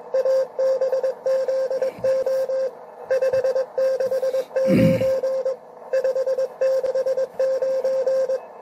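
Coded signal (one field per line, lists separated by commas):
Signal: Morse code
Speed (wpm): 22 wpm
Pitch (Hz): 530 Hz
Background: radio noise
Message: ABZO 569 569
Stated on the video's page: QRP Party contest participation.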